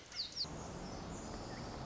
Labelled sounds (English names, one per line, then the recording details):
Pacific Wren
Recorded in Sonoma County, California